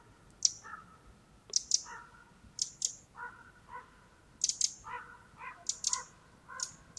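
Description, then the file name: Eurasian wren giving sharp, high ticking calls in short clusters, mixed with lower hoarse notes, repeated irregularly through the seven seconds. "Troglodytes troglodytes"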